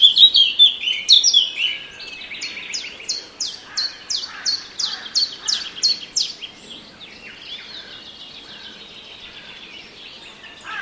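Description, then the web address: Eurasian blackcap song with rapid high chirps at first, then a steady series of sharp downslurred notes, fading into faint twitters. "cianscape birddata Deverinetal 2025"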